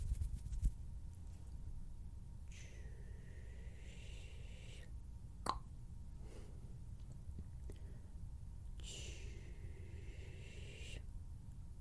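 Hand sounds and finger fluttering over a steady low rumble. Two longer whooshing swells, around 2.5–5 seconds and 9–11 seconds, carry a bright rising-and-falling tone, while sharp isolated clicks land near the start, at about 5.5 seconds, and at 8 seconds.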